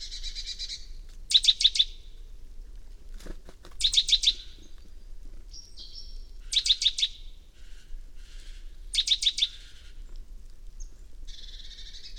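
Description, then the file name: Great tit calls: short buzzy scolding bursts with rapid ticking notes, repeated every two to three seconds over faint low rumble. "Parus major"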